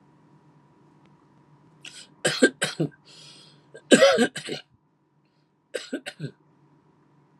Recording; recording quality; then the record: shallow voluntary cough; excellent, no background noise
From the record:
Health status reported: healthy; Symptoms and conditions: diabetes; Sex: male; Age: 55 years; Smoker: not ticked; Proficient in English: yes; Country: India